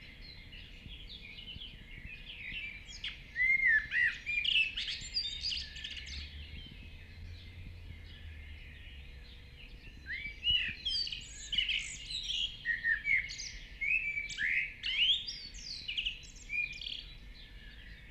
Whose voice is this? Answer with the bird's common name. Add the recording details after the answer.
Common Blackbird. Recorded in the wild. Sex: male. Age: adult. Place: Villach, Kärnten, AT. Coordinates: 46.6, 13.85. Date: 1969-05-22. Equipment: Uher 4000, Philips Mikrofon Type EL 6020. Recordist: Brunner, Thomas